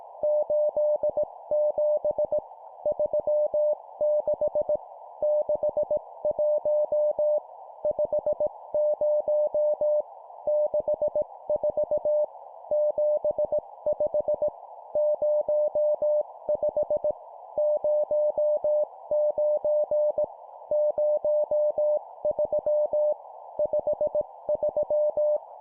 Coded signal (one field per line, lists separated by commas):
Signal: Morse code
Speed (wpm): 18 wpm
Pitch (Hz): 600 Hz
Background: none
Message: 87 36 61 50 64 75 05 09 03 53